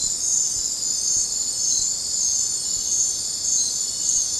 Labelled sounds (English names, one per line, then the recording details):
none
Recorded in dense forest near Puerto Asís, Putumayo, Colombia, on 21 December 2024 at 20:00
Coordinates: 0.466, -76.327
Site G075